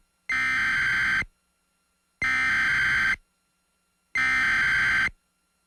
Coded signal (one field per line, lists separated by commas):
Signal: Emergency Alert System (SAME) tones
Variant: header bursts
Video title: EAS/EBS history part 2 (2001-2010) (LOUD SOUND WARNING)